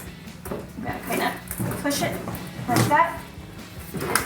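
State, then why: Seated. A locking section on a RedRock Easy-Fold folding plastic (ABS) pet ramp for a Jeep Wrangler is pushed so it locks in place. Someone talks throughout, and a single sharp snap is heard at 4.2 s as the lock seats into place.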